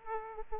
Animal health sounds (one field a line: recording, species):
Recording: mosquito wingbeat signal from an infrared sensor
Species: Aedes aegypti